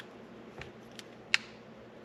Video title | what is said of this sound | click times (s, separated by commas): Chambers Custom 2019 Widebody Take Down and Assembly | can hear it snap into place | 1.3 s